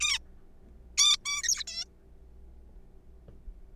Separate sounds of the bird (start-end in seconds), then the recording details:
0.01-0.19, 0.98-1.16, 1.25-1.64, 1.68-1.85. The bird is a juvenile. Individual R3428